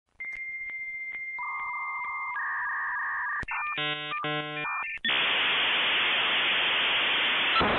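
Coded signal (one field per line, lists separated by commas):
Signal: dial-up modem handshake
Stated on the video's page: Dial-up modem-like sounds generated from live Wi-Fi traffic sniffed by a Raspberry Pi and a microcontroller, not a real modem.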